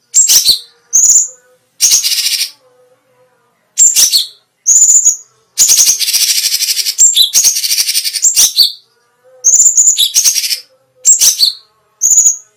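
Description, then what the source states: Cucak cungkok giving repeated short high whistled phrases with downward flicks, broken by longer rapid trill bursts. Special song bursts, called "tembakan istimewa".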